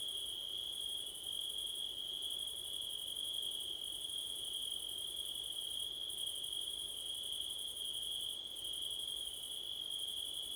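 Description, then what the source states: Crickets chirp nonstop, a bright sustained trill and a quicker rhythmic pulsing higher up that breaks off in short gaps every few seconds, over faint hiss. Crickets on a September night, with wind, recorded with a Blumlein stereo microphone pair.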